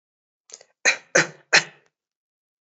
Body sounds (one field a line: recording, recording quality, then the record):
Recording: shallow voluntary cough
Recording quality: excellent, no background noise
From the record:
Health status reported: respiratory illness, not identified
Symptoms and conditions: cold, breathing difficulty, sore throat, muscle pain, another respiratory illness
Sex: male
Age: 21 years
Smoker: no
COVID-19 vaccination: both doses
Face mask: worn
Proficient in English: yes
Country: India